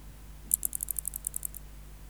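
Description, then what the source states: Brachycrotaphus tryxalicerus stridulation: a train of about twelve sharp, very high-pitched ticks, evenly spaced over roughly one second, then quiet apart from a low background hum. Recorded in November.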